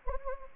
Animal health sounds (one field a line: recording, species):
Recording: mosquito wingbeat signal from an infrared sensor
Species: Anopheles gambiae